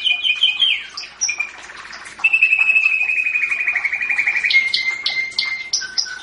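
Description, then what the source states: Canary song with quick chirps, then a long rolling trill that falls slightly, overlaid by sharp higher notes. Champion canary singing.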